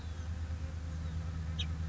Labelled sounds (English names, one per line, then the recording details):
House Finch
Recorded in Sonoma County, California